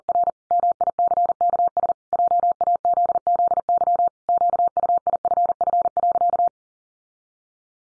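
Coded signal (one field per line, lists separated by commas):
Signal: Morse code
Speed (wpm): 40 wpm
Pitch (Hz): 700 Hz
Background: none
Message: R MICKS JAZZY QUIFF.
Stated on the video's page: Morse pangram practice at 40 wpm, each pangram sent twice.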